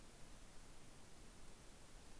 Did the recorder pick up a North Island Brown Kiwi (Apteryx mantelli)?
no